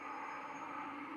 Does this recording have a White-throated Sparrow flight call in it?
no